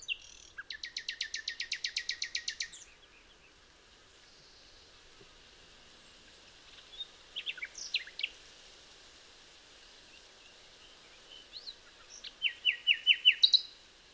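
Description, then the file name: Common nightingale song: a fast rattling trill of repeated harsh notes, a pause, then scattered sharp phrases and a closing run of loud repeated chips. "Luscinia megarhynchos"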